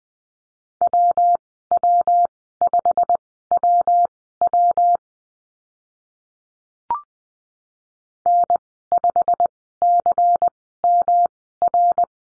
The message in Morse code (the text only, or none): WW5WW N5CMR